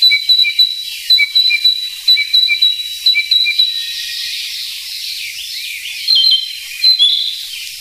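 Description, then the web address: Narcissus flycatcher song: bright two-pitched whistled notes repeated rapidly in a steady series, then a quieter pause before a few more whistles. "sikioto. kibitaki"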